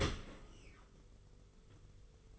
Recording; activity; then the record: daily activity, microphone in the room; open dishwasher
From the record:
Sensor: 4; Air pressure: 991.3 hPa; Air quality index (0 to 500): 160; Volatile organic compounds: 137 ppm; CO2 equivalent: 3963 ppm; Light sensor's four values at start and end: 22/74/27/28 and 22/73/27/28